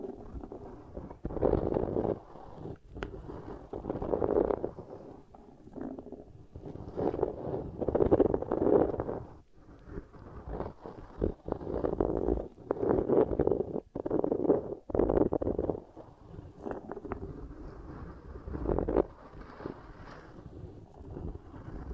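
Beeswax being pressed and worked right against the microphone, making soft, muffled rubbing and squishing sounds in uneven bursts. The handling swells and fades every second or two, with brief gaps of near quiet and a few sharp crackles and taps, like around three seconds.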